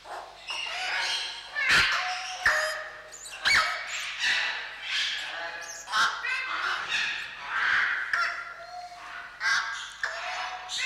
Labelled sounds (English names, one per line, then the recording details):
Eclectus Parrot call
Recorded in captivity
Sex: female
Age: adult
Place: Zoo Berlin, Berlin, DE
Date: 1995-03-04 11:03
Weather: heiter bis wolkig, 1 - 5 °C
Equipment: Marantz CP 130, Sennheiser ME 80, Kopie Uher Variocord 263
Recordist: Tembrock, Günter